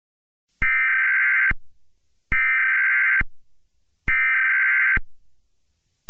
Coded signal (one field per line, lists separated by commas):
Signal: Emergency Alert System (SAME) tones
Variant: header bursts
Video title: EAS Scenario #3: Pharoh's Fury